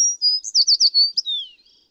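American tree sparrow song: a thin high whistled opening, a quick run of bright slurred warbling notes, then a falling, fading final note, about one and a half seconds long.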